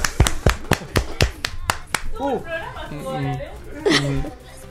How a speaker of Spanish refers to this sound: Nos vemos, muchas gracias, den un aplauso.